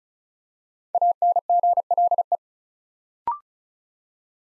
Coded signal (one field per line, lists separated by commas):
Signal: Morse code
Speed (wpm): 36 wpm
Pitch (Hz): 700 Hz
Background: none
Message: ANGLE